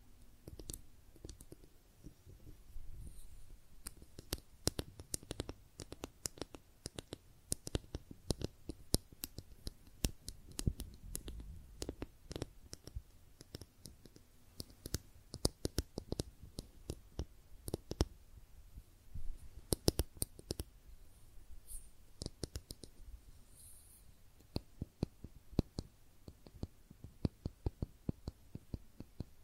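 Makeup tapping and scratching sounds: a dense, irregular stream of sharp clicks and taps runs the whole way through, some clustered in quick bursts, others spaced apart. Softer scratchy rustling fills the gaps, with a low rumble underneath.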